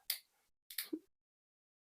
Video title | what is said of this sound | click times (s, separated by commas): GALAXY SMARTTAG: How To Change The Battery | squeeze it back on your hair click into place as you can see it's closed | 0.1 s, 0.7 s, 0.8 s